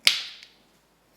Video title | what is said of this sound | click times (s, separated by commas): Hand Held Extruding HD 720p | the die holder just like that can you see that okay pretty sure you can just snaps right into place | 0.1 s